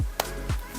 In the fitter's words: It just sits on top there and it twists 1 centimeter. You'll feel it lock into place.